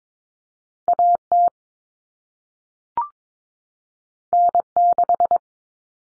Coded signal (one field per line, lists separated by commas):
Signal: Morse code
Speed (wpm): 22 wpm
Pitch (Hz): 700 Hz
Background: none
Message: AT N6